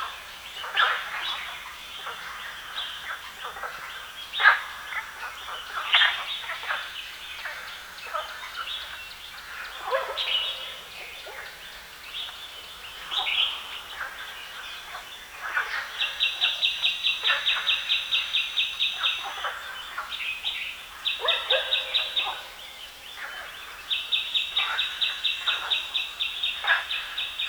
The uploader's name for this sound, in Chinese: 水库旁的蛙鸣、鸟叫和犬吠香港老水乡水库